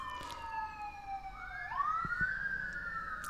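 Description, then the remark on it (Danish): Sirens of fire engines driving down the road wail past, the tone sliding down and then sweeping back up in long, steady rises, loud and continuous over faint traffic rumble with no one talking. “Så kommer der en ambulance. Jeg ved ikke, om det er et tegn. Nej. Ej, det er brandbiler faktisk.”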